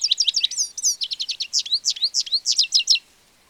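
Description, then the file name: European goldfinch calls: a dense, lively stream of high, twittering notes with rising and falling tinkles, continuous for about three seconds. "Carduelis carduelis"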